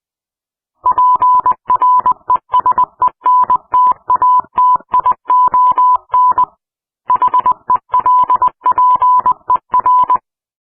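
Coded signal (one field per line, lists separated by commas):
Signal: Morse code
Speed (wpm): 20 wpm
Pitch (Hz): 1000 Hz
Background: none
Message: PRESENTATION HELPER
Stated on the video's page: Morse audio sample with loops and effects, recorded on a laptop and machine, labelled as a NASA recording.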